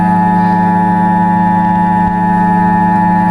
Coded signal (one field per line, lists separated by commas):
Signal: Emergency Alert System (SAME) tones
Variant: 853 and 960 Hz attention tone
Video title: EAS Short 1| Attack On New York City